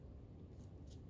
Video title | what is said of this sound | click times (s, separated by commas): diy: #how to add clasp & jump rings to your diy: fine silver chains | make sure it's closed when you hear the click and I heard the click | 0.6 s